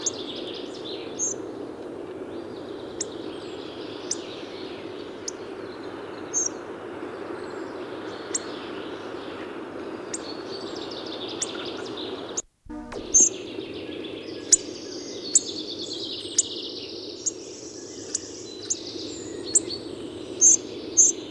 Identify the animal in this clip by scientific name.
Coccothraustes coccothraustes